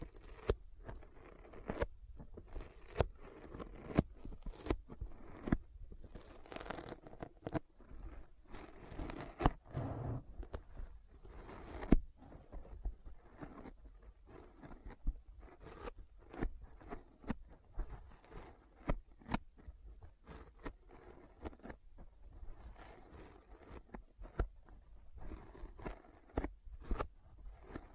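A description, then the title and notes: Sticky fingers press and pull apart, making a dense run of short tacky clicks and peeling snaps throughout. The pops come irregularly, several per second, with louder bursts scattered across the clip, especially near 10 and 12 seconds, over a faint low hum. ASMR Intense Sticky Finger Sounds (No Talking).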